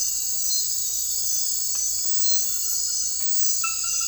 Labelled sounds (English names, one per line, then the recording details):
none
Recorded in dense forest near Puerto Asís, Putumayo, Colombia, on 19 February 2024 at 03:00
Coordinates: 0.484, -76.317
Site G6464